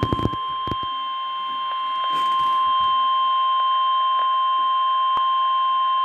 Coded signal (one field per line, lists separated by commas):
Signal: Emergency Alert System (SAME) tones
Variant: 1050 Hz attention tone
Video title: March 23, 2022 Severe Thunderstorm Warning || EAS #9